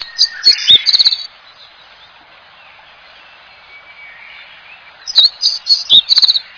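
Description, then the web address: Bird giving loud bursts of bright chirps and short rattling trills, one burst at the start and another after about four seconds of near quiet. Recorded in Higashiosaka, Japan. "higashiosaka bird koe"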